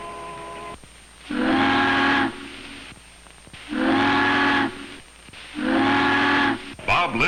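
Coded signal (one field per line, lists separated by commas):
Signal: ship horn signal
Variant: steam whistle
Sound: three deep steam whistle blasts, evenly spaced, then a voice begins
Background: film narration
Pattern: 3 long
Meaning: The ship is turning for the bridge and requests that the bridge open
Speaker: for her to signal for the bridge three long whistles the bridge tender knows that the ship is turning for the bridge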